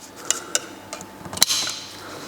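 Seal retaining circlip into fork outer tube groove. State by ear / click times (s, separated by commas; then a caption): seated / 0.3 s, 0.6 s, 1.4 s. A metal seal retaining circlip on a KTM/Husqvarna WP Xplor fork is pushed with a flat screwdriver into its groove in the fork outer tube. Sharp metallic clicks sound at 0.3 s, 0.6 s and 1.4 s, the last one loudest and followed by a brief ringing tail. The circlip is seated in its groove.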